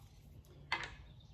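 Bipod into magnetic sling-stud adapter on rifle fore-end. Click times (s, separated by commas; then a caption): 0.7 s. A Javelin Pro Hunt bipod is pushed into a magnetic adapter that replaced the sling swivel stud on a rifle's fore-end. After faint low rustling, a sharp click sounds at 0.7 s, followed by a brief tail. The bipod seats and locks in place.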